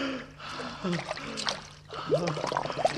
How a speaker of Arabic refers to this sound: دي مسكتها، راحت الشبكه، راحت في الميه. يا خساره يا قبطان، مش هتودي السمك النهارده للسلطان.